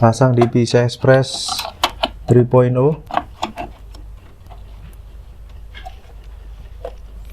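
Someone talks while a Gainward GeForce GTX 1650 Ghost 4GB GDDR6 graphics card is handled over a motherboard's PCIe slot, ready to be pushed straight down until the slot latch locks. After the talking, a few short, sharp taps and faint handling noises follow. The card has not seated or clicked into the slot yet.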